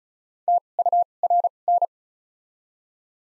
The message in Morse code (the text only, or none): TURN